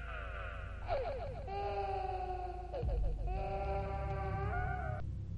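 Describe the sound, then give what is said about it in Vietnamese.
A baby wails in two long, high-pitched cries with a wavering, quivering pitch, broken by a brief catch of breath between them, heard as if through a wall. “tiếng khóc truyền tới từ bên kia bức tường. Bên đó có một đứa bé khóc sao?”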